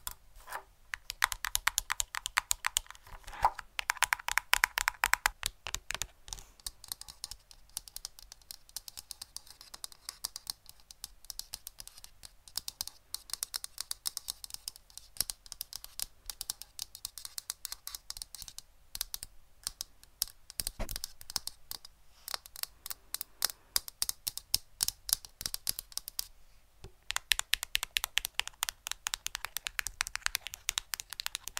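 Rapid tapping runs through the whole half minute, crisp clicks fired in quick irregular bursts much like typing on a keyboard. The pace is densest near the start and again after about 27 seconds, with sparser, slower taps and brief pauses through the middle.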